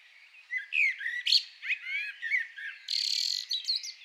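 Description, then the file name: Eurasian blackbird with quick fluty slurs and squeaky notes, then a harsh buzzy rattle followed by thin twitters. "Turdus merula"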